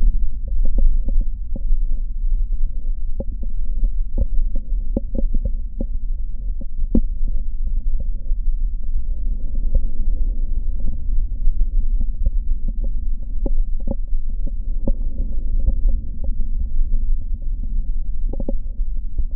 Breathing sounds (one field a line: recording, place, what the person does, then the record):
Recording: lung sounds by stethoscope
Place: right posterior basal chest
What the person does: quiet breathing, then deep breathing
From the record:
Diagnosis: COPD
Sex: male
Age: 57 years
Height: 165 cm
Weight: 85.7 kg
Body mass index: 31.5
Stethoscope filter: diaphragm mode